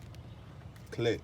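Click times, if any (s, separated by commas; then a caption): none. A wiring harness connector is slid back onto the camshaft position sensor of a 2005 Toyota Camry, and nothing has clicked: no seating click is heard, though the plug is in place. A low background hum runs throughout with a few faint soft ticks, and near the end someone talks.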